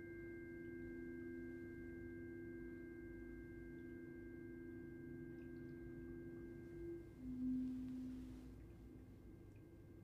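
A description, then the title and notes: Tuning forks ring in steady, pure tones, two held together through most of the clip, with a fainter high tone above them. Near the seventh second one tone fades and a slightly lower one swells louder, then eases off by the end. Multiple forks can be held to create complex frequencies for new experiences. In this track she held one or two forks at the same time- sometimes in one ear, sometimes in both- creating this enveloping sound that pierces the brain.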